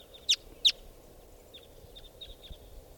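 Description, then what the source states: Red Crossbill calls, two loud sharp chips close together, followed by softer faint chips from other birds against a low background rumble. Wild female, with other wild crossbills arriving.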